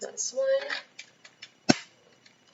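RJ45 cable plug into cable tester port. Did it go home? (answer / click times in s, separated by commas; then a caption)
yes / 1.7 s. Someone talks while a second RJ45 Ethernet cable plug is pushed into the other port of a cable tester. A few faint ticks come first, then a sharp click at 1.7 s as the plug seats securely in its connector.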